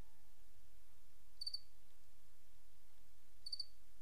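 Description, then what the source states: Cricket chirps, two brief high pulsed bursts about two seconds apart against a low background rumble. Recorded 28 August 2007.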